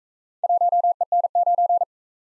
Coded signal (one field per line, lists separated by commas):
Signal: Morse code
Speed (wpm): 44 wpm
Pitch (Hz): 700 Hz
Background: none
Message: 1EN9